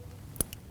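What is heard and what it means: A plastic wiring harness connector is pushed down onto a new ignition coil on a 2016-2025 Chevrolet Malibu 1.5L L4 engine. A slight but present click comes at 0.4 s, with faint ticks just before and after it. The connector seats.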